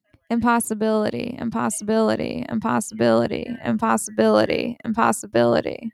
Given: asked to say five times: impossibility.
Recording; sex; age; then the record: repeated word; female; 20 to 29 years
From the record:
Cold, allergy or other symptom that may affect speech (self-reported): no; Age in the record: 24 years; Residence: New Jersey, United States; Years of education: 18